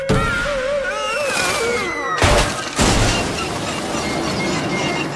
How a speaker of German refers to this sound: Der Osterschlitten spielt völlig verrückt, weil Phil so herumzappelt. Dann stürzt er ab.